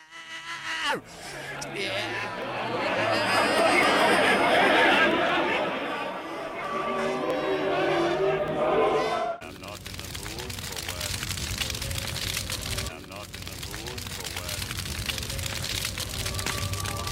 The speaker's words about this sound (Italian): possiamo sentire rumori di frenate, una voce che grida "Get me out!", delle urla, il fuoco. Insomma, senti.